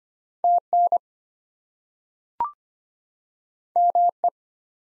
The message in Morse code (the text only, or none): TN ME